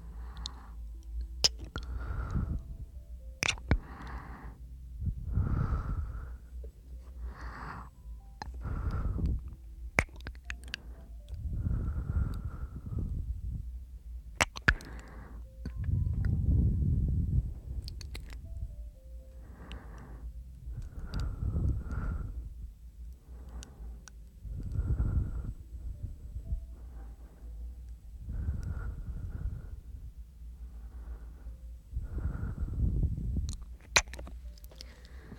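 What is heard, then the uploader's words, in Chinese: Pure breathing sounds: a steady run of soft breaths, in and out, each lasting a second or two, about fifteen across the span. Each breath carries a low rushing body and a faint airy upper edge, with a few brief sharp clicks between them. 纯呼吸声asmr。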